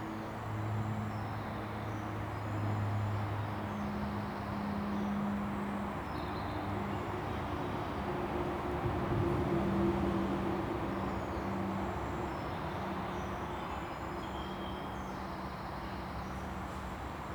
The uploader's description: field recordings made beneath the A5 at two different but nearby locations